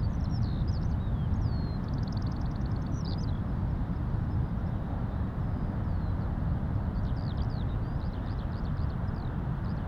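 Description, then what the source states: Eurasian skylark song, a quick burst of slurred whistles and a buzzy trill early on, then scattered high notes, all above a steady thundering rumble of waves. Skylarks singing north of Bude, Cornwall, with distant thundering surf.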